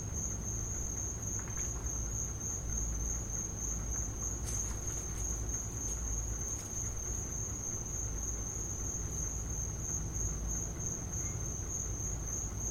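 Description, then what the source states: Continuous high cricket trilling, with a few brief clicks or taps partway through and a low steady hum. Crickets in the recordist's back yard; field recording.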